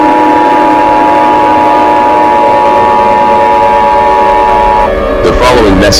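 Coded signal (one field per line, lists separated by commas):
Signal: Emergency Alert System (SAME) tones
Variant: 853 and 960 Hz attention tone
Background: speech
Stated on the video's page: Fictional EAS scenario, simulated.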